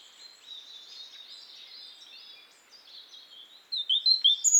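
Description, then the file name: European robin, faint high warbling phrases followed by a sudden run of loud, sharp, high sliding notes at the close. "Erithacus rubecula"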